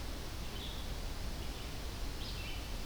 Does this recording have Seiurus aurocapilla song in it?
no